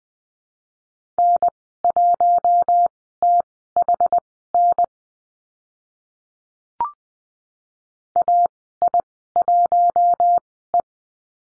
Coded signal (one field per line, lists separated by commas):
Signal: Morse code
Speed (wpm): 20 wpm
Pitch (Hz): 700 Hz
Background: none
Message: N1THN AI1E